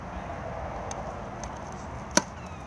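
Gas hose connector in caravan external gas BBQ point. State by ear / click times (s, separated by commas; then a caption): released / 2.2 s. A gas hose bayonet connector is pushed in to release it from the outside BBQ gas point on a Swift Challenger 530 caravan. Over steady background noise, a single sharp pop at 2.2 s marks the connector popping back out, released.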